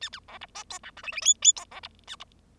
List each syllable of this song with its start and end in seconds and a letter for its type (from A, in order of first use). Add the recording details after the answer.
0.01-0.09 A, 0.12-0.19 A, 0.28-0.38 B, 0.41-0.46 C, 0.55-0.64 D, 0.70-0.79 E, 0.83-0.91 F, 0.96-1.02 G, 1.03-1.12 H, 1.12-1.21 H, 1.21-1.34 I, 1.42-1.52 I, 1.56-1.65 E, 1.71-1.80 B, 1.83-1.88 C, 2.07-2.16 A, 2.20-2.24 C. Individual Bird0